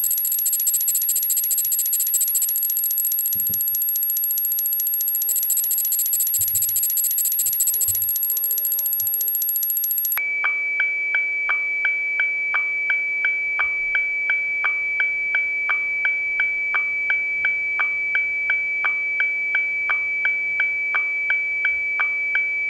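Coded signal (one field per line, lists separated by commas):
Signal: SSTV (slow-scan television)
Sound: hiss, then a steady high tone with rhythmic clicks about three per second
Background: radio static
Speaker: today i will be using fm on the two meter band to send a slow scan tv image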